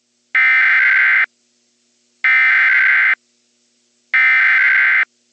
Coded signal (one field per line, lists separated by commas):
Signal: Emergency Alert System (SAME) tones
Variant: header bursts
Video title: The Spring Storm (EAS Scenario)